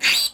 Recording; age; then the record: pig call; piglet (1 to 25 days)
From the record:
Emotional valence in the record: negative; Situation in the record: restrain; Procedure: sham castration, fixation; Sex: male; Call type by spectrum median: high-frequency call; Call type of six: mixed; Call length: 0.34 s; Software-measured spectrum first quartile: 2629 Hz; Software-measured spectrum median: 3849 Hz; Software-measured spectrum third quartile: 5240 Hz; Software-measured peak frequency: 4622 Hz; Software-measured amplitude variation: 142 dB a second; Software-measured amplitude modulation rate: 19.0 a second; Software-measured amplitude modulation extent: 7.5 dB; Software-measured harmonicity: 3.6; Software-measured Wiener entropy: -2.00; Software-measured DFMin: 1174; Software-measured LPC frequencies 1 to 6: 2610, 3817, 4637, 6929, 8029, 9081 Hz